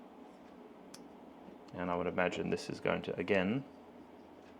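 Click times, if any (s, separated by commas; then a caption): none. An Insta360 GO Ultra small action camera is handled near its magnetic clip mount, with a brief sharp tick at 0.9 s over low background noise. Someone talks from about 1.7 to 3.6 s. Nothing has seated or clicked into the mount yet.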